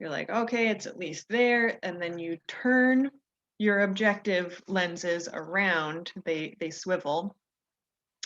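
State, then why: Seated. Someone talks while rotating a microscope's revolving nosepiece to swing the next objective lens into position. At 8.2 s the nosepiece detents with a sharp click as the objective lens locks into place.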